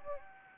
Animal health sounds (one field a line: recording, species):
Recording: mosquito wingbeat signal from an infrared sensor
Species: Anopheles gambiae